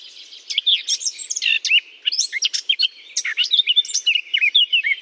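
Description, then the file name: Eurasian blackcap song, a fast, busy warble of varied chattering and whistled notes, high-pitched and almost continuous, with no other sounds. Singing in holly. "chant de fauvette a tete noire dans houx"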